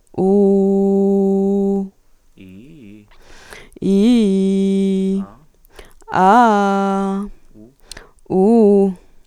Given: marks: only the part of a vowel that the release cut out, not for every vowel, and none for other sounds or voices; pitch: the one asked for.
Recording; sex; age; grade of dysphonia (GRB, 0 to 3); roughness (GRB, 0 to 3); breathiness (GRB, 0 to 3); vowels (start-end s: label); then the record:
sustained vowels; female; 20 to 29 years; 0; 0; 0
0.26-1.74 s: vowel /u/, low pitch
3.92-5.12 s: vowel /i/, low-high-low pitch
6.22-7.14 s: vowel /a/, low-high-low pitch
8.35-8.86 s: vowel /u/, low-high-low pitch
From the record:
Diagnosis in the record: healthy voice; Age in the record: 25 years